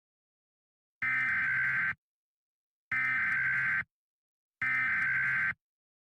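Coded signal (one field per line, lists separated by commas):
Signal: Emergency Alert System (SAME) tones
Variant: header bursts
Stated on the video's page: Fictional EAS scenario, not a real alert.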